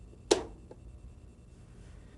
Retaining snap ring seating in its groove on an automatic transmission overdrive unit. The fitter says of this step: you would push up from the bottom on the unit itself until you hear the snap ring pop into place.